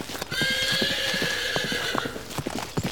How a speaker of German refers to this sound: Oh, schaut mal. Hier gibt es ja sogar Pferde.